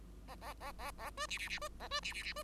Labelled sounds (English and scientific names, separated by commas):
Bengalese Finch (Lonchura striata domestica) song